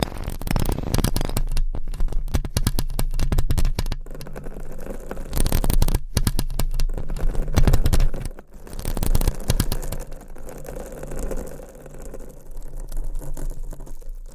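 Scratching against a microphone, a dense run of rapid scraping strokes with a low rumble underneath. It pauses briefly around 6 seconds and near 8.5 seconds, then resumes softer and more uneven, with bursts of fast rubbing toward the end.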